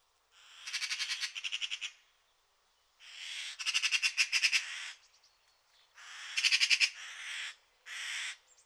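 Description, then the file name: Eurasian magpie calling with several loud, grating chattering rattles of rapid harsh notes, separated by brief silences. "Pica pica"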